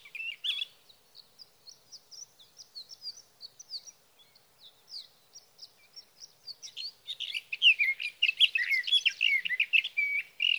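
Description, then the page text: Sage thrasher song opening with soft, thin high notes in an irregular series, then building into a loud, rapid, continuous warble of varied, slurred phrases. Male singing through the night near his night roost, evening of June 12 to morning of June 15, 2018, Sierra Valley, California; Swift recorder. "Birdsong for the Curious Naturalist: Explore #7 Sage thrasher songs, through the night."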